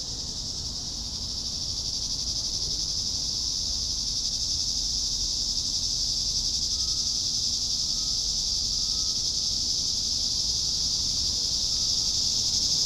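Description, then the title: Cicadas in chorus, a steady high-pitched buzzing drone that holds unbroken throughout and swells slightly in loudness after the first seconds. "neoscenes: cicadas"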